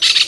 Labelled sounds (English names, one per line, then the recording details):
Brown-throated Parakeet contact call
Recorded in Venezuela
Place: Guárico; Corozopando; Fundo La Fe
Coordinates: 8.506, -67.593